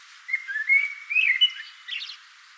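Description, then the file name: Common blackbird song phrase: a rich, fluty warble that rises and falls, then ends in a brief, scratchy high-pitched twitter. "Turdus merula"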